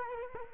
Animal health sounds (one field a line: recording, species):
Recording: mosquito wingbeat signal from an infrared sensor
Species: Culex quinquefasciatus